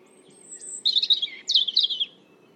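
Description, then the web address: European robin song: a thin high whistle held briefly, then two quick jumbled warbling bursts of silvery, tumbling notes, over a low steady background hum. "Deverinetal 2025"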